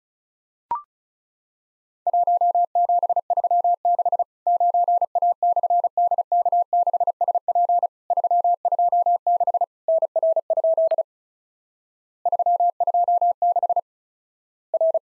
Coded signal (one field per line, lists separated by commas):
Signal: Morse code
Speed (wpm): 36 wpm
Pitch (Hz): 700 Hz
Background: none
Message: 1736 9A/DK6SP 326 NR? 326 R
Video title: Worked All Europe DX Contest QTC Exchange with Repeats 35wpm